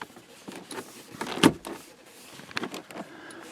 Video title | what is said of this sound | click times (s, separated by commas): Mercedes-Benz W126 (S-Class) Repair Clock .Replace bulbs, and other Cosmetic Work on Gauge Cluster. | Yeah, it snapped right in. | 2.6 s